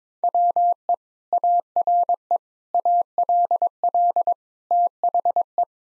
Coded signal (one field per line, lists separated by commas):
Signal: Morse code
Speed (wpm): 22 wpm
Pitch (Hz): 700 Hz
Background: none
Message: WE ARE ALL THE